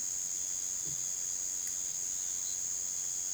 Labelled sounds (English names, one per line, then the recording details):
none
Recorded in pastures near Puerto Asís, Putumayo, Colombia, on 30 June 2025 at 18:30
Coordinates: 0.486, -76.323
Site H29